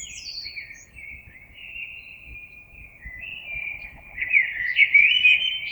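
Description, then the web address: Common blackbird song: a soft fluting phrase that swells into a louder rich warble near the end, beginning with a high thin note. Recorded 26 April 2022. "oiseaux Merle 2022 04 26"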